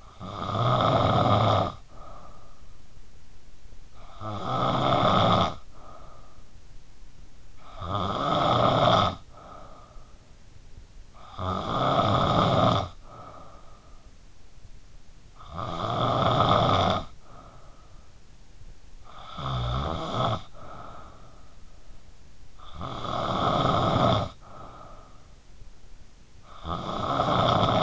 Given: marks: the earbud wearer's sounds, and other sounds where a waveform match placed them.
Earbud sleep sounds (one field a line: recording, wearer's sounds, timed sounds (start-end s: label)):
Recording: sounds in sleep by an in-ear microphone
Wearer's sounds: snoring breath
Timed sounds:
0.00-18.88 s: snoring breath
18.89-27.82 s: snoring breath